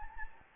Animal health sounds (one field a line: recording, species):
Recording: mosquito wingbeat signal from an infrared sensor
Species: Anopheles gambiae